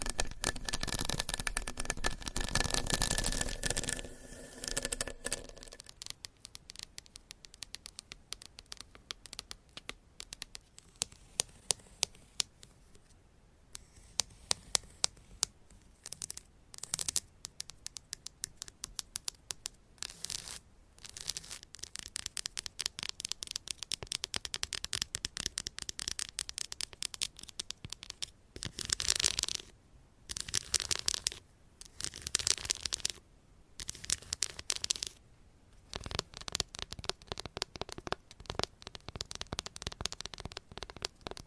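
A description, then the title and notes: Crisp tapping and scratching with fingernails on objects, a loud rough rubbing burst opening the first five seconds, then quick irregular clicks. ASMR Tapping and Scratching with 50 Different Mics , Items & Nails (No Talking).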